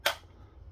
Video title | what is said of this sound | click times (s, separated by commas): How to replace the batteries on a Logitech M-RCH105 wireless mouse | Slide the car back in place till it clicks and should be good to go | 0.1 s